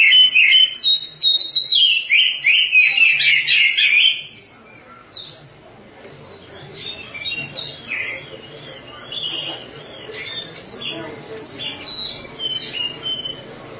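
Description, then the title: Oriental magpie-robin song: four seconds of loud, rich, fast whistled notes, then softer, scattered chirps and short phrases continue to the end. "Suara Kicauan Burung Kacer"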